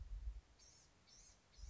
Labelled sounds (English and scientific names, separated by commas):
Blue-gray Gnatcatcher (Polioptila caerulea)